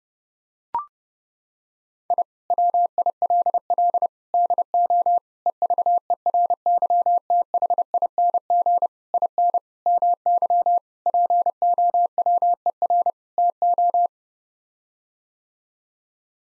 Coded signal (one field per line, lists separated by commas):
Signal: Morse code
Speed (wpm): 32 wpm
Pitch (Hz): 700 Hz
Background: none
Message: I WILL DO EVERYTHING IN MY POWER TO